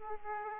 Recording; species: mosquito wingbeat signal from an infrared sensor; Aedes aegypti